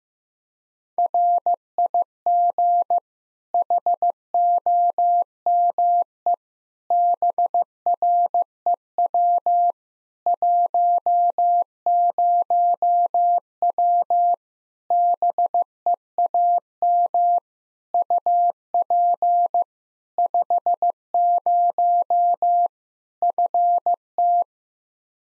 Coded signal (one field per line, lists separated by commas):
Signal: Morse code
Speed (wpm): 15 wpm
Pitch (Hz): 700 Hz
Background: none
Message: RIG HOME BREW 10W BEAM UP 50 FT